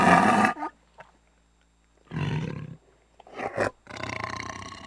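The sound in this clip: Tiger growls come in short separated bursts, a loud one at the start, then rougher snarling pulses after a quiet pause.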